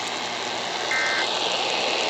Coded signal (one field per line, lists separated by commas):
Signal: Emergency Alert System (SAME) tones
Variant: end-of-message bursts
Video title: Kentucky Child Abduction Emergency Over 840 AM WHAS (EAS #571)